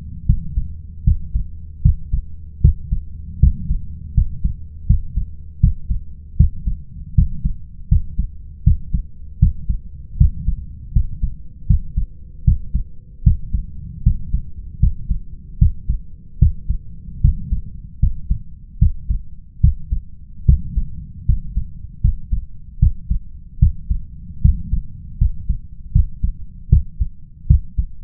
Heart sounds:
heart sounds by stethoscope; 77 bpm
0.26 s: heartbeat
1.03 s: heartbeat
1.82 s: heartbeat
2.61 s: heartbeat
3.39 s: heartbeat
4.14 s: heartbeat
4.86 s: heartbeat
5.60 s: heartbeat
6.36 s: heartbeat
7.14 s: heartbeat
7.88 s: heartbeat
8.63 s: heartbeat
9.39 s: heartbeat
10.17 s: heartbeat
10.92 s: heartbeat
11.66 s: heartbeat
12.44 s: heartbeat
13.23 s: heartbeat
14.02 s: heartbeat
14.79 s: heartbeat
15.58 s: heartbeat
16.38 s: heartbeat
17.20 s: heartbeat
17.99 s: heartbeat
18.78 s: heartbeat
19.60 s: heartbeat
20.45 s: heartbeat
21.25 s: heartbeat
22.00 s: heartbeat
22.79 s: heartbeat
23.58 s: heartbeat
24.41 s: heartbeat
25.17 s: heartbeat
25.91 s: heartbeat
26.68 s: heartbeat
27.46 s: heartbeat
From the record:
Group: healthy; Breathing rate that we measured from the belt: 17 breaths a minute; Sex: male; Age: 21 years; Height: 180 cm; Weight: 67.5 kg

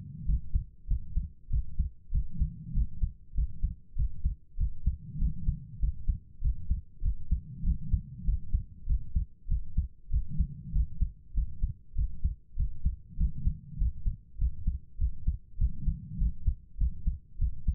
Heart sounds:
heart sounds by stethoscope; 98 bpm
0.24 s: heartbeat
0.86 s: heartbeat
1.49 s: heartbeat
2.10 s: heartbeat
2.72 s: heartbeat
3.33 s: heartbeat
3.94 s: heartbeat
4.56 s: heartbeat
5.17 s: heartbeat
5.78 s: heartbeat
6.40 s: heartbeat
7.01 s: heartbeat
7.62 s: heartbeat
8.23 s: heartbeat
8.85 s: heartbeat
9.47 s: heartbeat
10.09 s: heartbeat
10.71 s: heartbeat
11.33 s: heartbeat
11.94 s: heartbeat
12.55 s: heartbeat
13.16 s: heartbeat
13.77 s: heartbeat
14.37 s: heartbeat
14.97 s: heartbeat
15.57 s: heartbeat
16.17 s: heartbeat
16.77 s: heartbeat
17.37 s: heartbeat
From the record:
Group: healthy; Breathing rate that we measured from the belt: 23 breaths a minute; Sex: female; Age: 32 years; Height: 172 cm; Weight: 71.7 kg

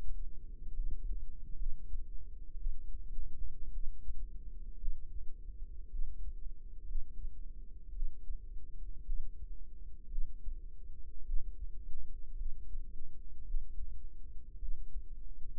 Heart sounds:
heart sounds by microphone in the right ear; 57 bpm
0.74 s: heartbeat
1.57 s: heartbeat
2.57 s: heartbeat
3.72 s: heartbeat
4.79 s: heartbeat
5.90 s: heartbeat
6.86 s: heartbeat
7.93 s: heartbeat
9.05 s: heartbeat
10.09 s: heartbeat
11.24 s: heartbeat
12.36 s: heartbeat
13.45 s: heartbeat
14.59 s: heartbeat
15.54 s: heartbeat
From the record:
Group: healthy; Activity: cold pressor test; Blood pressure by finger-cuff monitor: 111/67 mmHg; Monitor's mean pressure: 83 mmHg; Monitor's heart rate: 56 bpm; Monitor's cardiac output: 5.2 L/min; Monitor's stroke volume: 90 mL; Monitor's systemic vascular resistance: 1170 dyn s/cm5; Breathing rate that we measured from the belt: 21 breaths a minute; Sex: female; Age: 28 years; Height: 170 cm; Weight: 77 kg

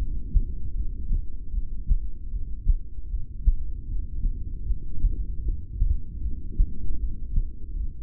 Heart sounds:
heart sounds by stethoscope; 77 bpm
0.71 s: heartbeat
1.49 s: heartbeat
2.27 s: heartbeat
3.05 s: heartbeat
3.84 s: heartbeat
4.62 s: heartbeat
5.40 s: heartbeat
6.18 s: heartbeat
6.95 s: heartbeat
7.71 s: heartbeat
From the record:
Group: heart failure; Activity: rest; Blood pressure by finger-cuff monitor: 96/59 mmHg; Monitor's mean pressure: 73 mmHg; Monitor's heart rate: 76 bpm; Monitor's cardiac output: 6.8 L/min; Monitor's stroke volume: 88 mL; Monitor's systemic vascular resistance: 760 dyn s/cm5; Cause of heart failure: ischemic heart disease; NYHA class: 2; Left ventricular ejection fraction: 28%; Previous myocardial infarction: present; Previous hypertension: present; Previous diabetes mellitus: present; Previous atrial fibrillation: present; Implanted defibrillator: present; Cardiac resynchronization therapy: present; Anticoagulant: apixaban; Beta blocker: bisoprolol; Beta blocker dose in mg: 10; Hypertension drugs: sacubitril-valsartan, spironolactone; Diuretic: furosemide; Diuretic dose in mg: 20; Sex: male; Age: 62 years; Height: 178 cm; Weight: 88.3 kg

